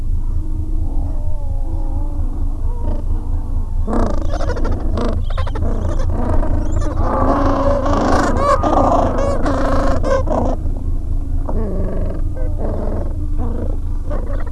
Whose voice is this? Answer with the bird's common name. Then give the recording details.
Gentoo Penguin. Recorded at the colony at Godthul, on 25 December 2014. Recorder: Song Meter SM2+